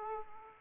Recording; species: mosquito wingbeat signal from an infrared sensor; Aedes aegypti